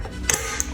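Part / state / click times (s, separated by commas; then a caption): torque driver on a rail mounting screw of a lever-action rifle / torque reached / 0.3 s. A torque driver tightens the second Picatinny rail mounting screw on a Henry X .30-30 lever-action rifle to the 20 in-lb setting. The driver gives a sharp, bright click at 0.3 s as it reaches torque, and a fainter tick follows at 0.6 s over a steady low background.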